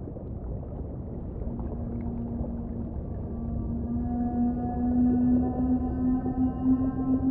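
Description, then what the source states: Whale moan, a long drawn tone that swells and steadies with ringing overtones, over a soft rushing underwater hiss. Whale song in a guided meditation soundscape, described as the loneliest whale in the ocean calling.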